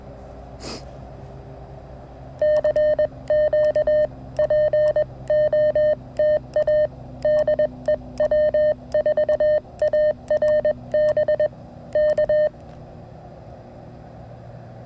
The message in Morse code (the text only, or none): CQ POTA DEW4ARB K